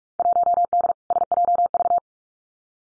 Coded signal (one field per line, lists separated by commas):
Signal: Morse code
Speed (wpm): 46 wpm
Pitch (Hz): 700 Hz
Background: none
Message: 1D SJV